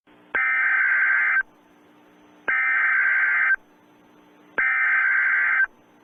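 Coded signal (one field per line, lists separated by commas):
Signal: Emergency Alert System (SAME) tones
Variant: header bursts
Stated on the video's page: Fictional EAS mini scenario.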